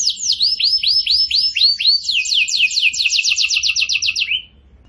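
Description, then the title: Bird song: a series of arched whistled notes, then a quicker run of downward-swept notes, ending abruptly after about four seconds. Master for training cage birds; lively (gacor) singer in the tembakan style. "Masteran Burung Tembakan Gacor"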